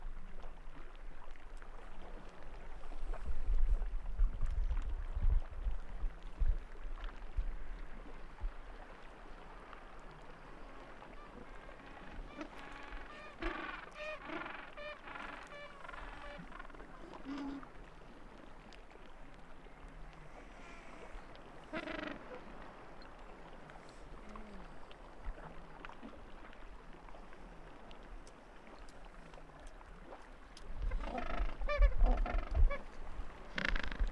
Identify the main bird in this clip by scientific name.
Pygoscelis papua